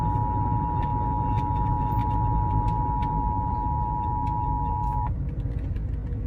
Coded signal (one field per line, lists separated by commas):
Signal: Emergency Alert System (SAME) tones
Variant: 853 and 960 Hz attention tone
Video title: Rare & Unsettling Emergency Alert System Broadcasts Explained